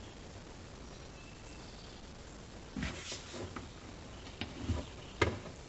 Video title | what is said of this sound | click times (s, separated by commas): 2014 Chevy Cruze Diesel DEF tank heater removal and install | little snap you'll hear a click | 5.2 s